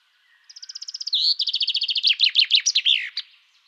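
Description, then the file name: Common chaffinch song: a rapid high trill, a second trill slightly lower, then louder descending notes and a short final flourish. "Fringilla coelebs"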